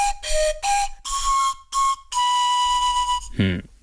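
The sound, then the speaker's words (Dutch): A trstenice panpipe, taken out of its display case at an ethnographic museum to be played, plays six breathy, airy notes around one mid-high pitch, stepping slightly down and up before holding a long final tone, followed by a brief rougher burst. “De trstenice, een soort panfluit.”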